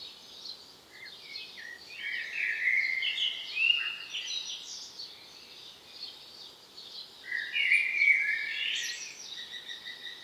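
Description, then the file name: Common blackbird song in two bursts: flowing, slurred warbling phrases, the second rising into a thin squeaky flourish. "Turdus merula"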